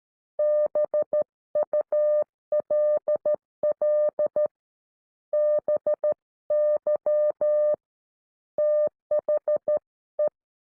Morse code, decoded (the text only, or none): BULL BY THE